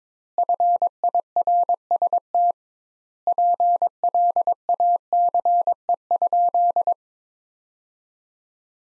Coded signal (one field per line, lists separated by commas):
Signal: Morse code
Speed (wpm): 21 wpm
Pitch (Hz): 700 Hz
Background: none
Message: FIRST PLACE?